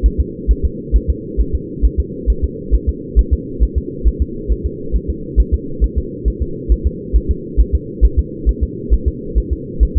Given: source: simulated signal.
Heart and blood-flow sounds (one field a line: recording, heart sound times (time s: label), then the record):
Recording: fetal heart sounds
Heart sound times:
0.06 s: S1
0.20 s: S2
0.51 s: S1
0.65 s: S2
0.96 s: S1
1.10 s: S2
1.41 s: S1
1.55 s: S2
1.85 s: S1
2.00 s: S2
2.30 s: S1
2.44 s: S2
2.75 s: S1
2.89 s: S2
3.19 s: S1
3.33 s: S2
3.63 s: S1
3.78 s: S2
4.08 s: S1
4.22 s: S2
4.52 s: S1
4.66 s: S2
4.96 s: S1
5.10 s: S2
5.40 s: S1
5.54 s: S2
5.84 s: S1
5.98 s: S2
6.28 s: S1
6.42 s: S2
6.72 s: S1
6.87 s: S2
7.16 s: S1
7.31 s: S2
7.61 s: S1
7.75 s: S2
8.05 s: S1
8.19 s: S2
8.49 s: S1
8.63 s: S2
8.94 s: S1
9.08 s: S2
9.38 s: S1
9.53 s: S2
9.83 s: S1
9.97 s: S2
From the record:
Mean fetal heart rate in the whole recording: 135 bpm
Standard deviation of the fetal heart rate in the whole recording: 3 bpm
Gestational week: 34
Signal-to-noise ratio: -4.3 dB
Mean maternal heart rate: 72 bpm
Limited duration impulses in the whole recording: absent